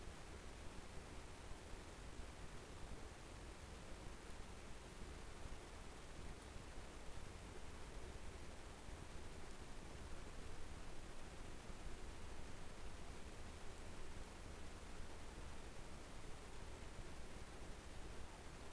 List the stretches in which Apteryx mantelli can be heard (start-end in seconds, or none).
none